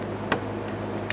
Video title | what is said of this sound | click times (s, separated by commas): How to Replace Fuel Pump Module Assembly 2013-2020 Ford Fusion 2.0L L4 | heard an audible click and a tug oh yeah | 0.3 s